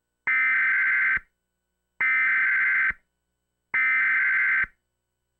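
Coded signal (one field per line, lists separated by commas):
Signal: Emergency Alert System (SAME) tones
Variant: header bursts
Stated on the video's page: Mock tornado warning for a tornadic thunderstorm northeast of Des Moines, Iowa.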